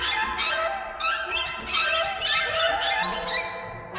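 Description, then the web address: Birds chattering, a continuous mass of shrill squeaky notes with short louder bursts. "soundfactory birds"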